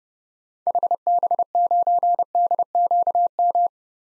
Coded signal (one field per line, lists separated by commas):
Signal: Morse code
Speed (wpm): 30 wpm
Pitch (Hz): 700 Hz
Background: none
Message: HB9DQM